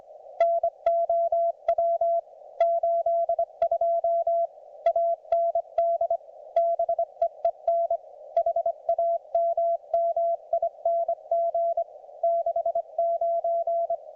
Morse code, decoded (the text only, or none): NOW 82 AND BEEN HAMMING 69